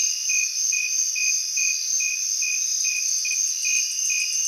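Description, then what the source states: Cricket chirps in a steady series of short, high pulses over a constant shrill insect hum. Recorded in a city on 8 September 2023; several crickets.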